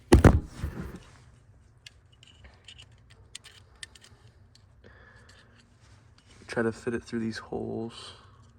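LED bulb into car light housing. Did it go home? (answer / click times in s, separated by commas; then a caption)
no / none. An LED bulb is handled and worked toward the holes of the light housing on a 2018 Honda Civic Si Coupe, with sharp plastic handling noises at the start and a few small ticks near 1.9, 3.4 and 3.8 seconds. Someone talks toward the end. Nothing has seated or clicked yet; the bulb is still being fitted.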